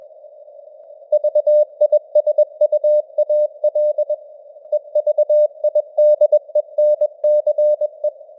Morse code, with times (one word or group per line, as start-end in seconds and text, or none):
1.1-4.1 VISUAL
4.7-8.1 EVIDENCE